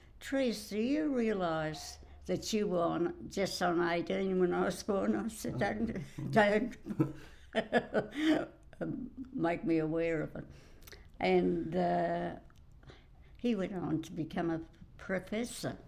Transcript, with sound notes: ‘Therese do you realize that you were just on eighteen when I was born’. I said ‘Don’t [laughs] make me aware of it’. He went on to become a professor